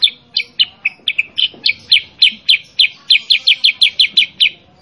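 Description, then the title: Sooty-headed bulbul song: rapid series of short, bright chirping notes, fairly steady throughout. Master (training) recording of a kutilang sutra in vigorous 'gacor' song, played so that other kept kutilang sutra answer and sing along. "Masteran Kutilang Sutra. Kutilang Sutra mana YANG GAK NYAUT dan IKUT BUNYI GACOR dengan suara Kutilang Sutra Super GACOR Ini"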